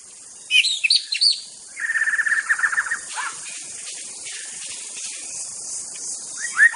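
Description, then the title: White-rumped shama song: a few sharp high notes, then a fast buzzy trill held at one pitch for about a second, followed by quiet hiss and a final short whistle. In forest. "Suara burung murai batu hutan"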